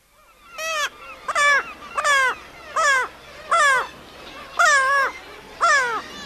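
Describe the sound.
Black-legged kittiwake giving a series of seven nasal, harmonic wailing calls.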